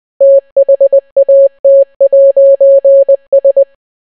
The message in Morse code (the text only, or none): THAT'S